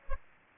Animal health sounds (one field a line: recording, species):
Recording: mosquito wingbeat signal from an infrared sensor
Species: Aedes aegypti